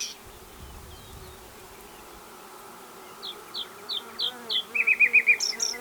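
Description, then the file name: Common nightingale song beginning after a quiet pause, with spaced clear notes that grow louder, then a quick rattling trill and high flourishes. "Luscinia megarhynchos"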